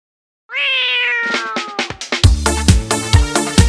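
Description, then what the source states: Domestic cat meow: one long, slightly falling meow, followed by a run of loud rhythmic clattering knocks. Mixed-breed cat.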